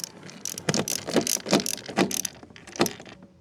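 A screw is driven into an interior trim panel of a Nissan Micra K11 while the carpet is being refitted, producing a series of ratchet-like mechanical clicks and rasps. The screw cross-threads and won't tighten, so nothing has seated or clicked into place.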